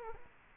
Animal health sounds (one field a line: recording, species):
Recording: mosquito wingbeat signal from an infrared sensor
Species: Culex quinquefasciatus